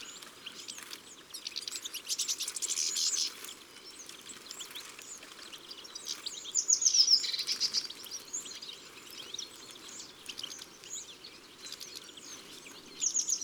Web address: Mangeoire Le Grosbec casse noyaux. album les-4-saisons-des-chants-doiseaux